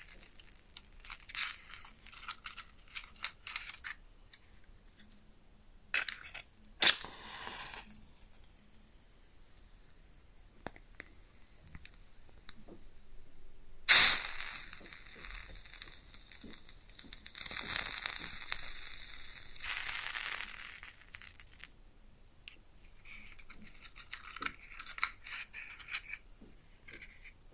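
Close-up match: scratchy fumbling and clicks, then a sharp strike at fourteen seconds flaring into a bright hiss that fades into faint crackles.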